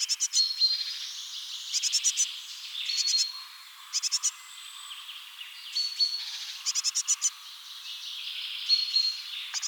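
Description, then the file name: Great tit calls: repeated groups of three to five grating, buzzy notes, over a background of chirping and whistling birds. "Parus major"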